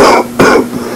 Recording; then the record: coughing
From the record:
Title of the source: Coughing 77